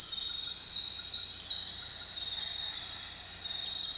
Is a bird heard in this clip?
no